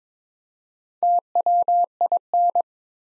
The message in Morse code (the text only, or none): TWIN